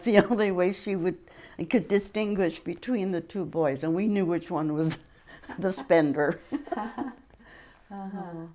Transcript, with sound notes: That's the only way she would — could distinguish between the two boys and we knew which one was the spender. (Laughs)
Uh-huh.